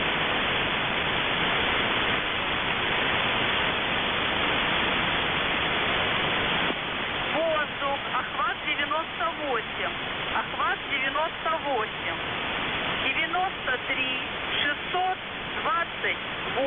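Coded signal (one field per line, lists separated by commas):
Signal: coded military voice message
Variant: Russian, The Goose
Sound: heavy radio hiss, then a voice speaking short phrases through the static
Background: radio static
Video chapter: 01:04 - Воздух Охват-98 93628 МАКАРОН 2451 3042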